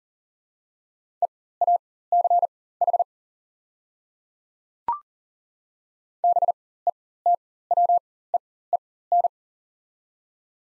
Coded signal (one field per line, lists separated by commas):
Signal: Morse code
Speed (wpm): 40 wpm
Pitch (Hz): 700 Hz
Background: none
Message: EACH BETWEEN